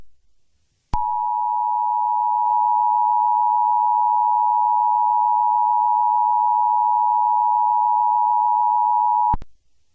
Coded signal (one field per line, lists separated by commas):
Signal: Emergency Alert System (SAME) tones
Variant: 853 and 960 Hz attention tone